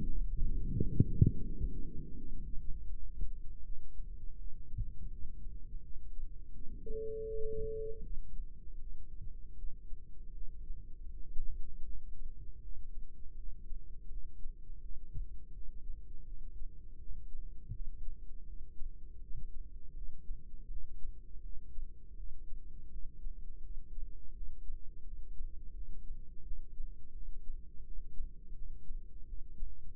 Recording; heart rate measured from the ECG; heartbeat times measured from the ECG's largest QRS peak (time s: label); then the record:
heart sounds by microphone in the right ear; 82 bpm
0.02 s: heartbeat
0.70 s: heartbeat
1.43 s: heartbeat
2.16 s: heartbeat
2.90 s: heartbeat
3.63 s: heartbeat
4.37 s: heartbeat
5.10 s: heartbeat
5.82 s: heartbeat
6.53 s: heartbeat
7.26 s: heartbeat
8.02 s: heartbeat
8.79 s: heartbeat
9.56 s: heartbeat
10.33 s: heartbeat
11.09 s: heartbeat
11.85 s: heartbeat
12.61 s: heartbeat
13.35 s: heartbeat
14.09 s: heartbeat
14.81 s: heartbeat
15.53 s: heartbeat
16.25 s: heartbeat
16.98 s: heartbeat
17.72 s: heartbeat
18.45 s: heartbeat
19.19 s: heartbeat
19.94 s: heartbeat
20.68 s: heartbeat
21.41 s: heartbeat
22.16 s: heartbeat
22.89 s: heartbeat
23.61 s: heartbeat
24.33 s: heartbeat
25.03 s: heartbeat
25.73 s: heartbeat
26.43 s: heartbeat
27.13 s: heartbeat
27.83 s: heartbeat
28.53 s: heartbeat
29.25 s: heartbeat
From the record:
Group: healthy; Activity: rest 0-9 s, Valsalva maneuver 9-30 s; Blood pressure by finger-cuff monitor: 156/107 mmHg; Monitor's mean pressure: 126 mmHg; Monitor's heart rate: 82 bpm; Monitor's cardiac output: 4.6 L/min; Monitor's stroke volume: 56 mL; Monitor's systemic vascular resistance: 2030 dyn s/cm5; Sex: female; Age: 51 years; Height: 162 cm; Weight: 70.04 kg